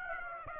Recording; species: mosquito wingbeat signal from an infrared sensor; Aedes aegypti